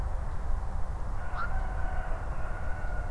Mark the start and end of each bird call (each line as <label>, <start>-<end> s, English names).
Black-crowned Night-Heron, 1.36-1.49 s